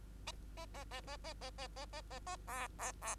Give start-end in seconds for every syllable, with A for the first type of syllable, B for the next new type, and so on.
0.27-0.32 A, 0.57-0.66 A, 0.74-0.84 A, 0.91-1.01 A, 1.07-1.17 A, 1.24-1.33 A, 1.41-1.50 A, 1.58-1.67 A, 1.76-1.85 A, 1.93-2.01 A, 2.10-2.19 A, 2.26-2.36 A, 2.47-2.68 B, 2.79-2.92 B, 3.02-3.15 B